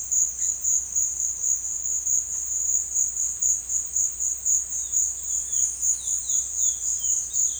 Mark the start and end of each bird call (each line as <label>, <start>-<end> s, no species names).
bird call, 0.00-0.70 s
bird call, 4.73-7.60 s